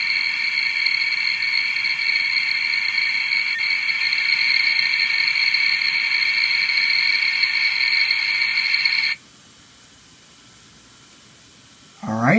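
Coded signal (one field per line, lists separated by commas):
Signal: dial-up modem handshake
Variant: 56k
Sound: steady harsh wideband modem hiss for about nine seconds, then sudden silence, brief noise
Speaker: type in the number which is already typed in as you can see so we will go ahead and connect all right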